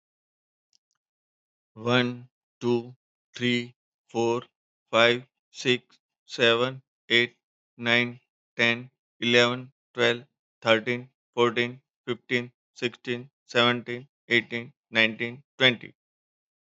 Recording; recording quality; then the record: counting at a normal pace; excellent, no background noise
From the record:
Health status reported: healthy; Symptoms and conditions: none ticked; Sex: male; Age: 62 years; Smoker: not ticked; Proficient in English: yes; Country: India